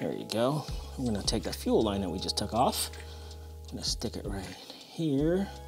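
A fuel line that was just removed from a Honda Civic Type-R is being handled to go onto the fuel line quick connector at a PRL Motorsports flex fuel kit's flex fuel sensor fitting. Someone talks over a steady low hum and a few faint ticks. Nothing has seated or clicked yet.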